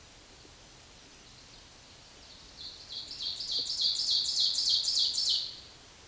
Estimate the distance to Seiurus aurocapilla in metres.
about 10 m